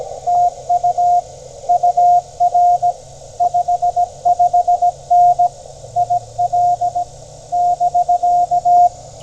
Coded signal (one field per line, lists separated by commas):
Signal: Morse code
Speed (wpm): 17 wpm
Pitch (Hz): 710 Hz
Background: none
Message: TU UR 55N IL <BK>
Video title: Tennessee CW with a new-to-me FT-817 at US-2950 Henry Horton State Park!